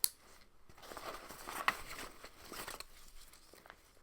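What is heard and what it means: A plastic buckle on the small straps pulled out from a hiking pack's detachable top lid snaps together with a sharp click at 0.0 s, and the buckle clicks into place. Soft rustling and handling of the pack follow, with another sharp tick at about 1.7 s and fainter taps later.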